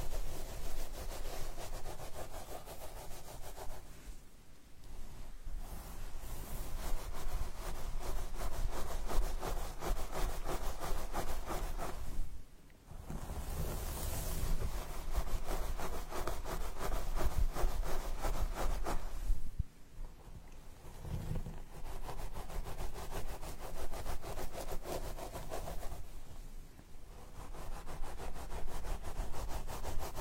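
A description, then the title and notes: A comb drags through hair and over the scalp in a steady, raspy scratching made of quick repeated strokes. The combing runs in long stretches, breaking off for brief pauses roughly every seven seconds, near 5, 12, 19 and 26 seconds, before resuming. Comb hair and scalp massage.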